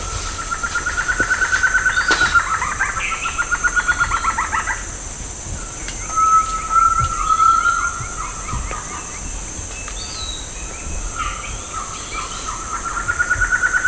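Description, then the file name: Bird repeating a fast pulsed trill in phrases a few seconds long, separated by pauses, with brief chirps and a continuous high hum. "SABIOD 50 bird 2015"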